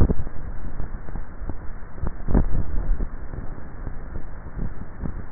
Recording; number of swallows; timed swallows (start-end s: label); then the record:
swallowing sounds by neck microphone; 1
2.35-3.48 s: swallow
From the record:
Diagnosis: dysphagia